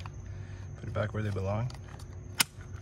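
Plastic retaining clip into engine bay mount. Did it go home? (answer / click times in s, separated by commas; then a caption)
yes / 2.4 s. After an oil filter change on a 2017 BMW 330i (F30) 2.0L, two plastic retaining clips are pushed back into their mounting spots in the engine bay while someone talks. A sharp snap at 2.4 s is a clip seating home in its mount.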